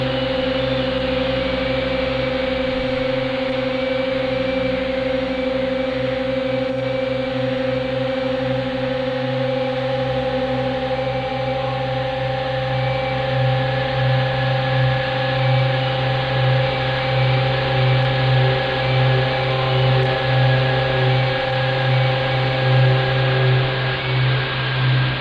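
A steady drone of layered, sustained low and middle tones, with a throbbing low pulse growing stronger and wavering after the midpoint.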